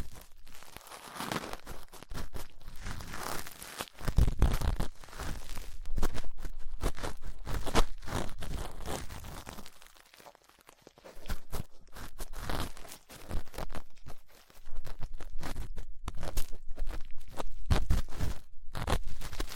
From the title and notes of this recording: ASMR 3Dio Ear Cleaning Latex Gloves, Dental Pick, Cotton Swabs (No Talking).